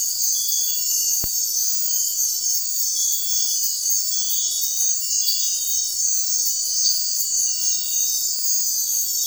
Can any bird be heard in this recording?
no